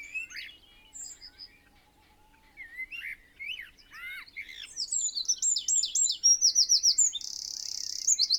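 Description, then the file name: Eurasian wren song, a high, fast cascade of sharp notes rolling into a dry trill in the second half; softer chirps precede it. "Troglodytes troglodytes"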